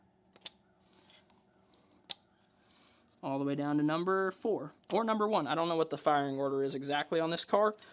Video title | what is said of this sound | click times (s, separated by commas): How To DIY Clean Honda Fuel Injectors! | said it's dummy proof as I'm struggling make sure you hear that click | 0.5 s, 2.1 s